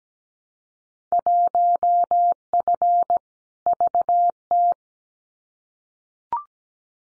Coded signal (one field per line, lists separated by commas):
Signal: Morse code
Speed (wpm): 17 wpm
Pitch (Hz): 700 Hz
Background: none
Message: 1F VT